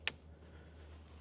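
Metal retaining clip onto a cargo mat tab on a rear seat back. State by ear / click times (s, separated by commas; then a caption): seated / 0.1 s. A precut metal retaining clip is placed over a tab on a Wrangler rear seat back, through trimmed carpet, and pressed down to hold a cargo mat. It snaps into place with a single sharp, bright click at 0.07 s, followed by a low steady hum. The clip is seated cleanly and the carpet is held down.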